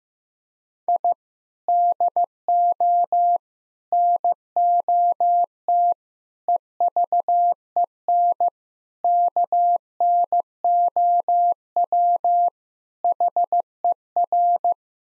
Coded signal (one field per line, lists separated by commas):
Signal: Morse code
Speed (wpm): 15 wpm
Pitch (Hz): 700 Hz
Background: none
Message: I DO NOT EVEN KNOW HER